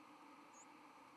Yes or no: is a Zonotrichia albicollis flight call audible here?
no